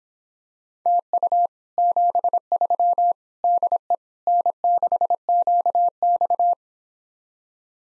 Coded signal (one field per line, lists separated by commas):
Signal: Morse code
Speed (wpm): 26 wpm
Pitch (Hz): 700 Hz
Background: none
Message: TU 73 DE N6QX